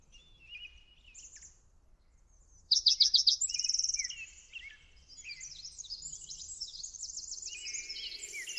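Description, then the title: Birds calling sparsely, then a fast bright trill near three seconds, followed by overlapping high twittering phrases. Backyard. "Backyard Birds - Ambient Nature Bird Sounds"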